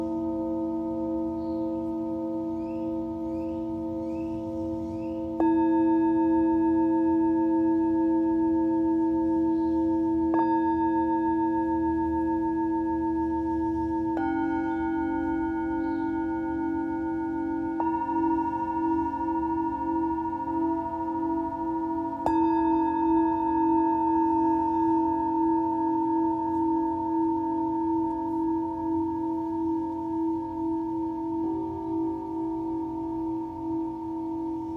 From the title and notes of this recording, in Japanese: メキシコから シンギングボウルのサウンドヒーリング ライブ。